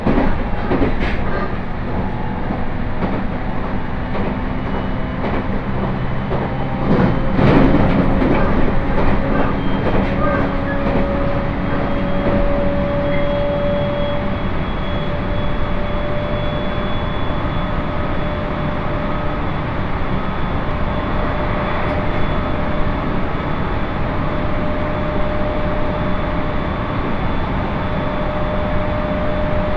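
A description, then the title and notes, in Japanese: A Tohoku Line train runs steadily, its low continuous rumble joined by clacks and rattles around seven to nine seconds and faint whining tones. 耳で楽しむ鉄道旅 東北本線下り 小牛田→一ノ関。列車も701系のロングシート2両ということでしたが、意外と空いていました。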